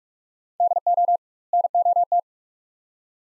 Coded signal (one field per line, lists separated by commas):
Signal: Morse code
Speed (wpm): 42 wpm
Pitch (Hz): 700 Hz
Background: none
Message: DO NOT